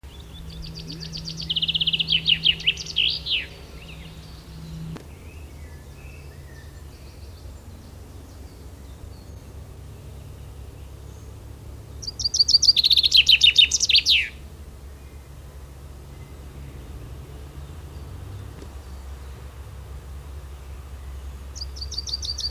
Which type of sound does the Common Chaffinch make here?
song